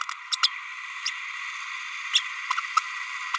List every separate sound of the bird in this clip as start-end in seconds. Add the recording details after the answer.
0.31-0.37, 0.43-0.47, 1.05-1.10, 2.13-2.21, 2.50-2.53. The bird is a female. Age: 31 days. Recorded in a nest box in Venezuela. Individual 17B32A7